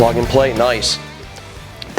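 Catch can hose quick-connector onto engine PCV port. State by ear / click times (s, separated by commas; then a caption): seated / 1.8 s, 2.0 s. A prefabricated catch-can hose with an OEM-style plastic quick-connect fitting is pushed onto the engine PCV port of an F-150 while someone talks over background music. Two sharp clicks at 1.8 s and 2.0 s show the connector seating on the port.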